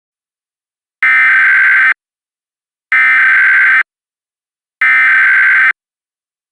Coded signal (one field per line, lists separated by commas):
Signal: Emergency Alert System (SAME) tones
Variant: header bursts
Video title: EAS Mock: Halo [Re-upload]